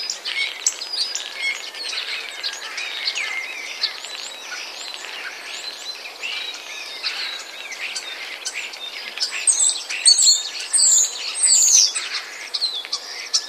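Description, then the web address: Common Starling song: a dense, jumbled mix of crackling, chattering notes and squeaks, ending with louder sharp whistled phrases repeated a few times. "wroblowe ptaki sturnus vulgaris. wroblowe ptaki szpak"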